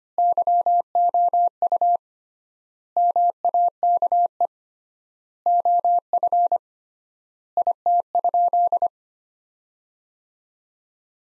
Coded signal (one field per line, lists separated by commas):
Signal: Morse code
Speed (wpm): 25 wpm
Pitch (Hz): 700 Hz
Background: none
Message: YOU MAKE OF IT?